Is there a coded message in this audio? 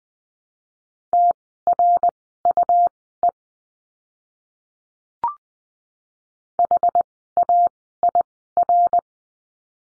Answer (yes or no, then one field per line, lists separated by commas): yes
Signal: Morse code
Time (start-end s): 1.1-9.0 s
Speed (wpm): 20 wpm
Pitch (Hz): 700 Hz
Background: none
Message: TRUE HAIR